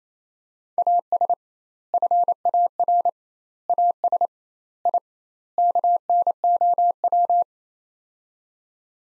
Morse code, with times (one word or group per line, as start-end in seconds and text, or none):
0.8-1.3 AS
1.9-3.1 FAR
3.7-4.3 AS
4.9-5.0 I
5.6-7.4 KNOW